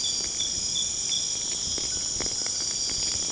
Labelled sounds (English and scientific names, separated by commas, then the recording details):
none
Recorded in pastures near Puerto Asís, Putumayo, Colombia, on 22 June 2025 at 21:30
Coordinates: 0.496, -76.326
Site GP01